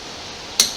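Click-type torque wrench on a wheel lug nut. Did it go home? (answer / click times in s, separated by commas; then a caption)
yes / 0.6 s. A click-type torque wrench is pulled slowly on the third lug nut of a 5-lug wheel, reached by moving diagonally from the last one, while a low, steady background hum plays. At 0.6 s a sharp, bright click rings out and fades, showing the wrench has reached its set torque.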